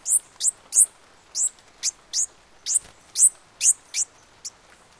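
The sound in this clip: Bird calls, high thin downslurred chips given in an uneven series, some paired.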